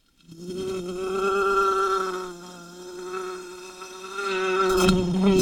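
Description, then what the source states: Wasp buzzing continuously, a steady low hum that dips slightly in loudness midway and ends with a few brief clicking taps. Wasp under glass.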